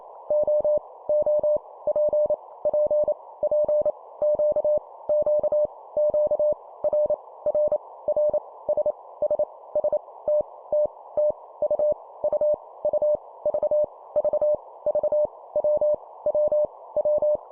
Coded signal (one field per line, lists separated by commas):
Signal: Morse code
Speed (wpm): 28 wpm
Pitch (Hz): 600 Hz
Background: none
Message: O O P P P Q Q Q R R R S S S T T T U U U V V V W W W